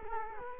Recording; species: mosquito wingbeat signal from an infrared sensor; Culex quinquefasciatus